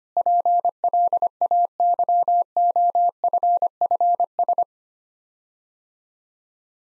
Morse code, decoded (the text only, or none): PLAYOFFS